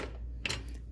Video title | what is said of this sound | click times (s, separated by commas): Dickinson County Nature Center volunteer training | Hear a click. | 0.5 s